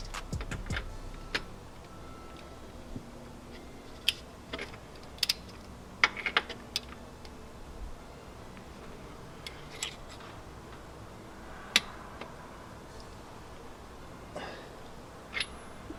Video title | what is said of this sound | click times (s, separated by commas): How To Change Your BMW Oil DIY & Valvomax Install. Make Your Next Oil Change MESS FREE! | do you hear the click that's done | 6.0 s, 11.8 s